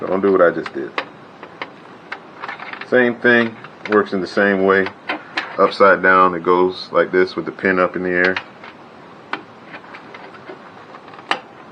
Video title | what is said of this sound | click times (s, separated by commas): Build a Mining Rig in less than 2 hours (Step by Step) | You heard that click? | 11.3 s